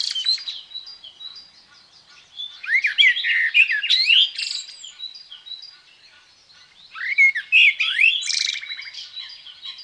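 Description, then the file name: Common blackbird song: rich fluting phrases that end in high scratchy twitters, delivered in two separate bouts with soft high notes in the gaps. "Merel"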